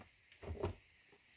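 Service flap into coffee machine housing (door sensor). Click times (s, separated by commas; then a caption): 0.6 s. The service flap of a Philips EP2220 bean-to-cup coffee machine is pushed shut into the housing against its door sensor. A short sliding scrape leads into a sharp click at 0.6 s. The click means the machine now registers the flap as closed.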